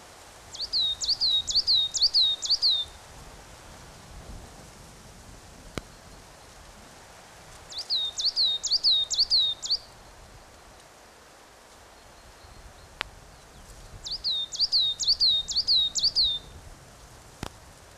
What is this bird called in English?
Coal Tit